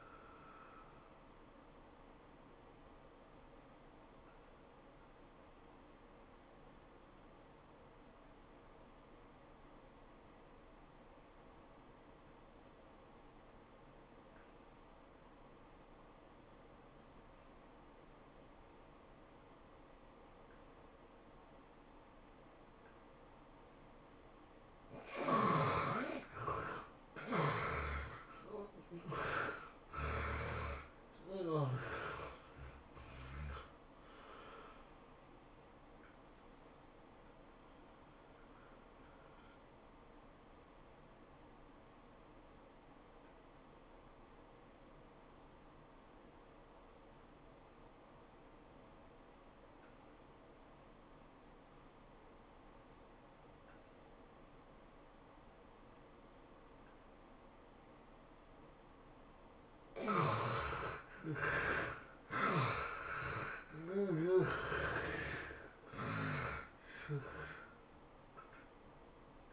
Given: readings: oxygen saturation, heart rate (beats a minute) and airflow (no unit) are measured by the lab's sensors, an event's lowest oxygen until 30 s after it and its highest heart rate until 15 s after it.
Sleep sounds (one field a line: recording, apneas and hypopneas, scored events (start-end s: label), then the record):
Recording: breathing in sleep by a voice recorder at the bedside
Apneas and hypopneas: 2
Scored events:
10.00-25.50 s: obstructive apnea (N1, oxygen 95% highest, then 70% lowest, heart rate 94 at the start, 111 highest)
37.00-60.90 s: hypopnea (N1, oxygen 94% highest, then 71% lowest, heart rate 110 at the start, 111 highest)
From the record:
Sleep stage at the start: N1 (lightest sleep)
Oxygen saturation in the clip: 70 to 95%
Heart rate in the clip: 81 to 111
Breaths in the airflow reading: 8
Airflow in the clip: -19.8 to 16.8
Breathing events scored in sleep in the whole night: 403 in 5.5 hours asleep